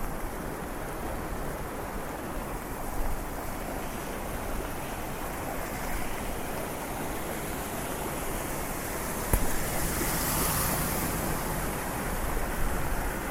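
Walking in steady rain on a street, a dense even hiss with a brief sharp tick near nine seconds and a brighter swell after.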